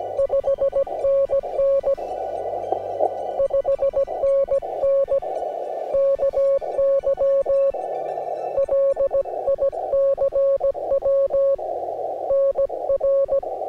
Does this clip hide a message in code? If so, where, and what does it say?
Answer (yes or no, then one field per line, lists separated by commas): yes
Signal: Morse code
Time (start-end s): 0.2-13.4 s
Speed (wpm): 17 wpm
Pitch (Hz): 550 Hz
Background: music, radio noise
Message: 5NN 5NN KY LICW NR